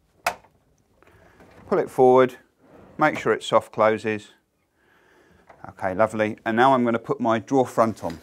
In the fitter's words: push it back until it clicks